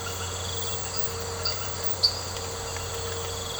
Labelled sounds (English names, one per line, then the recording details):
none
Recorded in secondary vegetation near Puerto Asís, Putumayo, Colombia, on 19 March 2025 at 22:30
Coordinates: 0.468, -76.324
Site G059